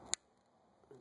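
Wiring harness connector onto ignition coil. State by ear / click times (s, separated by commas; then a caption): seated / 0.1 s. A wiring harness connector is plugged back onto an ignition coil during spark plug work on a 2010 Kia Sedona 3.8L V6. A short, sharp plastic click at 0.1 s confirms the connector is seated, followed by near silence and a faint low rustle near the end.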